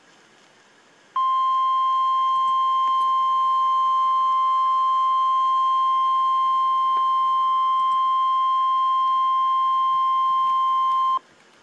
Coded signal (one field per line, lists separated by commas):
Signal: Emergency Alert System (SAME) tones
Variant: 1050 Hz attention tone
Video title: REAL EAS 519-Severe thunderstorm watch